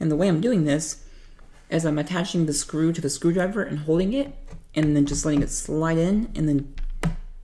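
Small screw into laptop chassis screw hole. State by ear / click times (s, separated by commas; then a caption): seated / 7.0 s. A small screw, held on a screwdriver tip, is slid into its screw hole in a MacBook Pro 2011–2012 laptop chassis while someone talks. At 7.0 s there is a sharp little click as the screw drops into the start of the thread before being turned, seating it there.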